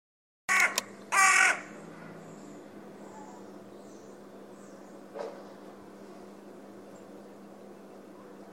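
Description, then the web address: Bird call: two harsh, rasping caws in quick succession at the start, then a steady low hum and a faint short sound later. "cianscape. Deverinetal 2025. Bird Only"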